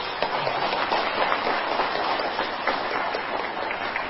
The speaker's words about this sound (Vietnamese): Xin đại chúng cúng dường sư cô bằng một tràng pháo tay.